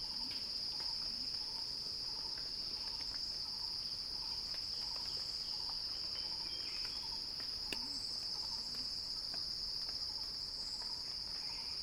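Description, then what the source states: Cicada drone, an unbroken high-pitched buzz, with a soft repeated lower pulse and one sharp click late on. Cicada song rising in a crescendo, recorded by Axel Drioli for Earth.fm's Sounding Wild.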